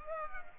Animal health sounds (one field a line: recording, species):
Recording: mosquito wingbeat signal from an infrared sensor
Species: Culex pipiens